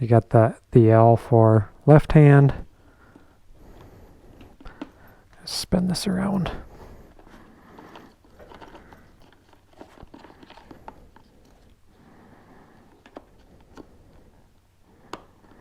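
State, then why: Not seated. Someone talks while turning an HJC Smart 20b (Sena) Bluetooth headset module around to fit it into its mount on the left side of an HJC F70 motorcycle helmet. Faint handling noise and scattered light knocks and taps follow, with the sharpest near the end. Nothing has seated or clicked yet.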